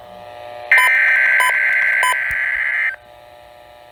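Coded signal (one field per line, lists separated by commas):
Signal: Emergency Alert System (SAME) tones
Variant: header bursts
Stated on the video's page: Required weekly test from NOAA Weather Radio station at 162.475 MHz, received on a Midland WR120 weather radio.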